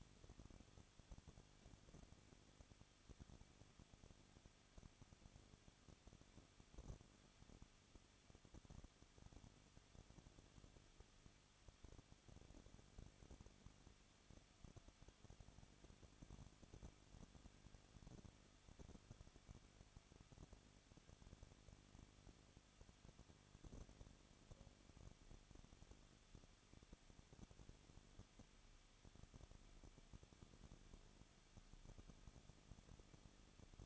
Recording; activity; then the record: daily activity, microphone in the room; no activity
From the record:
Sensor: 4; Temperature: 23.1 degrees Celsius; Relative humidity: 34.1%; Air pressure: 1007.3 hPa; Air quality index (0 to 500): 215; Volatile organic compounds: 14 ppm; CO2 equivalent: 2475 ppm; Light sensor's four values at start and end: 2/3/1/1 and 2/3/1/1